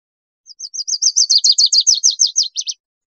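Lucy's warbler giving a single quick trill of about two seconds. The evenly repeated high notes grow louder, then end in a few lower, choppier notes.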